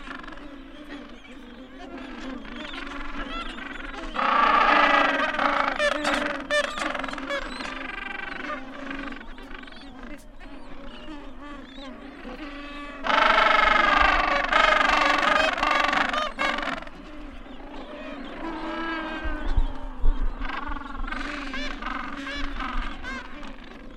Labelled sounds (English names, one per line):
Gentoo Penguin call